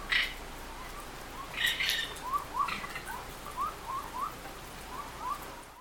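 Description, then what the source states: Raccoon calls: a run of short, rising chirps repeated several times a second, broken by a few harsh, hissy squawk bursts. Young raccoons.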